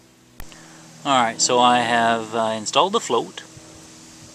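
A fuel level float for a Chevrolet fuel pump is pushed onto the fuel pump module bracket and snaps into its mount with a sharp, short click at 0.4 s. The float is seated, clicking into place easily, and then someone talks over a steady low hum.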